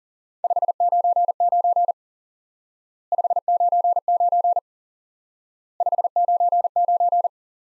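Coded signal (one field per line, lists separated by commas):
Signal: Morse code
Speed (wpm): 40 wpm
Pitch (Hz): 700 Hz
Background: none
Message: 599 599 599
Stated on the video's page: Morse lesson drilling the QSO element 599 repeated, for instant word recognition practice.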